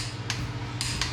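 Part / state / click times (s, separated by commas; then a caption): click-type torque wrench on an engine fastener / torque reached / 0.3 s, 0.8 s. A click-type torque wrench tightens a fastener on a forged LSA engine build for a Chevelle, with a low steady hum underneath. Two sharp clicks sound at 0.3 s and 0.8 s as the wrench reaches its setting, followed by another short sharp sound at 1.0 s. The fastener is fully torqued; the second click is given as the sign of that, though it is done mostly out of habit.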